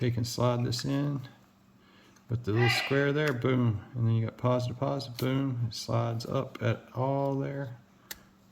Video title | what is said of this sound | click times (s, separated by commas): Transformers Legacy Evolution Generation Selects Guardian Robot & Lunar-Tread, Plus SL-63: Not QR | it goes it's locked into place and do another test and boom we got that little thing shooting us right in the face so | 8.1 s